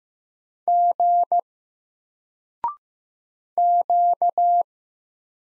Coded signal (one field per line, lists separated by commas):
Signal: Morse code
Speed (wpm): 15 wpm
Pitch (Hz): 700 Hz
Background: none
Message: G Q